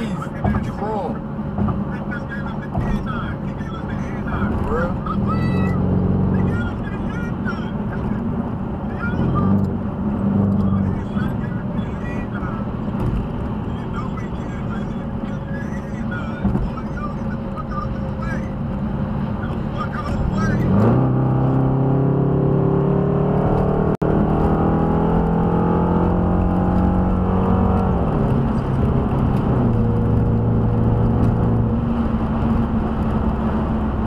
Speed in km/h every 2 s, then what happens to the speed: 114, 113, 116, 119, 121, 124, 121, 114, 113, 109, 119, 127, 145, 169, 172, 175, 169.
0-10 speeds up to 124. 10-19 slows to 109. 19-26 speeds up to 169. 26-34 steady at about 169.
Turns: none.